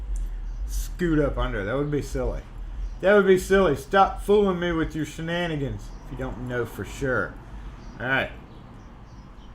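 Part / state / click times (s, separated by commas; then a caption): reset tool pushed into a rekeyable lock cylinder / not seated / none. With the key turned, a reset tool is pushed into the reset hole of a rekeyable door lock cylinder to set it into the learn position. Someone talks throughout, and no click is heard. The cylinder has not clicked into the learn position yet.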